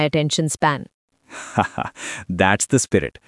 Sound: laughs